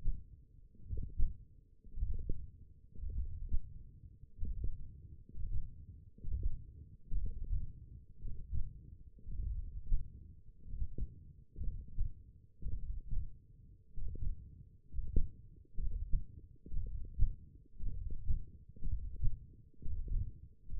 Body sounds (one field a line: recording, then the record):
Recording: forearm muscle sounds (acoustic myography)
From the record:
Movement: hook grip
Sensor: system 1, eight BSWA MPA416 microphones around the upper forearm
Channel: 1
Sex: male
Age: 21 years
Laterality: right